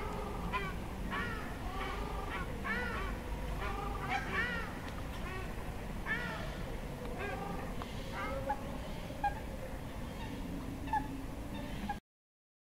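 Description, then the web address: Crested shelduck giving a run of nasal honks in quick series, thinning out toward the end, with constant low background rumble. "Crested shelduck. صدای پرنده تنجه کاکلی"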